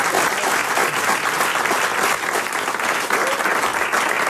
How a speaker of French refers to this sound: J'ai face à moi 200 personnes qui sont prêtes à vous acclamer, à vous applaudir, à vous encourager.